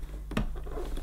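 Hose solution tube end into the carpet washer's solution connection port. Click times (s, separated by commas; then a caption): 0.3 s, 0.4 s. Someone pushes the grey plastic end of the hose's solution tube into the solution connection port behind an open flap on a Vax Rapid Power Plus carpet washer. Two quick clicks at 0.3 and 0.4 seconds show it seating in position, followed by a fainter tick near 1.0 seconds over a steady low hum.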